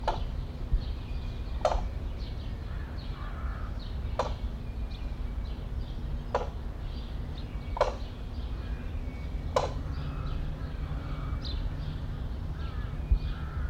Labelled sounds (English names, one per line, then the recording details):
Brolga
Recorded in captivity
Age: adult
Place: Zoo Berlin, Berlin, DE
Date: 1994-05-28 12:01
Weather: bedeckt, 12-15°C
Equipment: Marantz CP 430, Sennheiser ME 80, Kopie Uher Variocord 263
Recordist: Tembrock, Günter